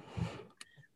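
A brief, low, rumbling snort lasts about a quarter second, followed by a faint click and a thin high squeak. It is an adult imitating Jilly's snoring, a cute, small, gentle snore, playful rather than a breathing problem.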